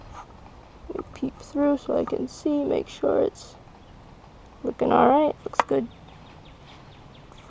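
Someone talks while lining up the holes of a plastic mounting block with the frame of a Wilderness Systems Heavy Duty Kayak Cart (Beach Wheels), peeking through to check the alignment before pressing it in. A few faint handling taps can be heard at 0.5, 1.0 and 7.3 seconds. The block has not been pressed in and nothing has clicked yet.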